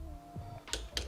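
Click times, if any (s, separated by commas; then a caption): 1.0 s. A click-type torque wrench tightens the next cylinder head stud nut on a GY6 scooter engine during a big bore kit install, bringing it to torque. After a low steady hum and a brief sharp tick at about 0.7 s, the wrench gives a crisp click at 0.97 s, confirming this nut has reached torque.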